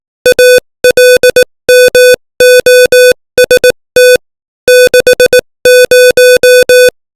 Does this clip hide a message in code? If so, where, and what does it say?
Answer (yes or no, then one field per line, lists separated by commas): yes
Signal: Morse code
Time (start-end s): 0.3-6.9 s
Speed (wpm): 18 wpm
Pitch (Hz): 500 Hz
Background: music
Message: ALMOST 60